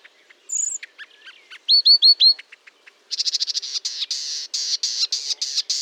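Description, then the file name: Marsh warbler song with high whistled notes, a run of repeated rising chirps, then a dense rapid buzzy chatter. Recorded at Fontaine-Française (Fourneau) on 1 June 2022 at 10:55, using Nagra and Telinga equipment. "Rousserolle verderolle 20220601 1055 Fontaine-Francaise-Fourneau-Nagra-Telinga"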